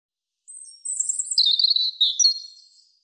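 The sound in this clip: European robin singing a single sweet, high phrase that opens with a thin whistle and runs into rapid, tumbling trills for about two seconds.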